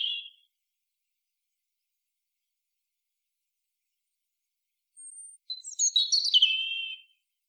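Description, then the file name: European robin song: a short note at the start, a long silence, then a high thin note leading into a warbling, trilled phrase. "Erithacus rubecula"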